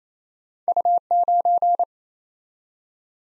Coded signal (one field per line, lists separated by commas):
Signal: Morse code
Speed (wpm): 27 wpm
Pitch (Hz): 700 Hz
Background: none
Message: U9